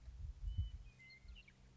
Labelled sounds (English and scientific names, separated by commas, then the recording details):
Western Meadowlark (Sturnella neglecta)
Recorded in Sonoma County, California